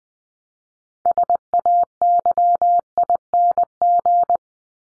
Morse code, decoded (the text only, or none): SAYING